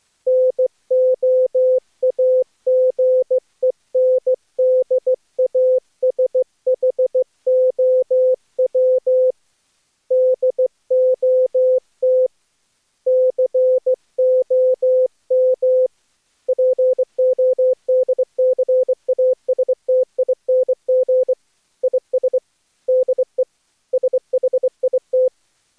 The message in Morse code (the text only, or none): NOAGENDASHOW DOT COM PODCASTING IS DE SHIT